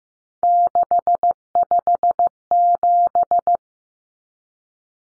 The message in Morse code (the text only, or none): 657